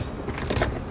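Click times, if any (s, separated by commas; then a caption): 0.5 s. The bottom plastic trim piece of the center console on a 2015-2018 Ford Focus MK3.5 is pressed into place in the dashboard after a radio swap from 4" Sync to Sync 3. Over a steady background, a short click is heard at 0.5 s as the lower console trim piece seats and snaps into place.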